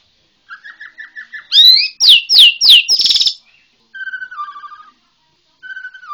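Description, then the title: White-rumped shama song: a soft series of low whistles, then loud rapid descending sweeps and a buzzy burst, followed by quieter flat whistled phrases. Bornean white-rumped shama. "MURAI BORNEO MAS KIKI"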